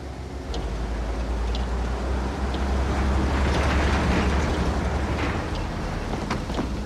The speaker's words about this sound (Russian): К воротам подъезжает грузовой автомобиль с немцами, в противогазах и с оружием.